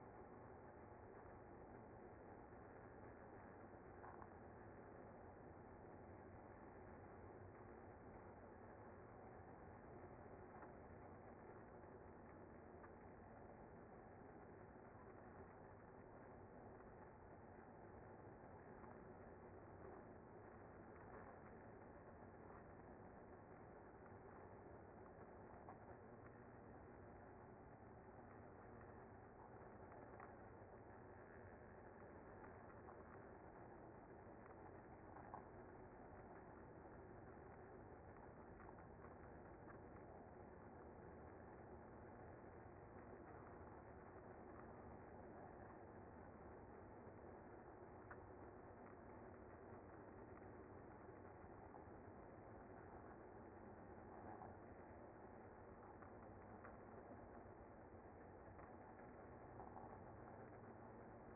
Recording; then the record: honeybee colony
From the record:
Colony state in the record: active